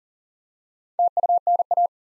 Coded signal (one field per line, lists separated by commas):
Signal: Morse code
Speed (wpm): 40 wpm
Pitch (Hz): 700 Hz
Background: none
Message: TUNA